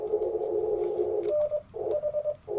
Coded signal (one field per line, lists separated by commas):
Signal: Morse code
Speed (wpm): 22 wpm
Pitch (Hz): 600 Hz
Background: radio noise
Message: N H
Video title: Morning Morse Code at Chewacla State Park K-1038 - 11/13/23